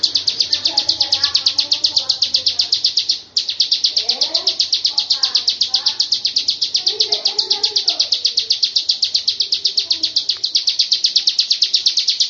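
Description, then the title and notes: Bird song with scattered warbled, dropping phrases under an unbroken, fast, shrill pulsing drone that pauses once briefly. "Bird Sound. Kicau Burung Lengkap"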